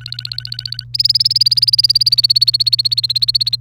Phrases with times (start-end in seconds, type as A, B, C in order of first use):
0.00-0.84 A, 0.94-3.56 B